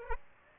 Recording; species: mosquito wingbeat signal from an infrared sensor; Aedes aegypti